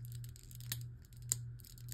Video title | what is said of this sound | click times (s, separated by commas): Beyblade Burst How To Disassemble Cho-Z Layer | both sides click so we have our Bay locked together now | 0.7 s, 1.3 s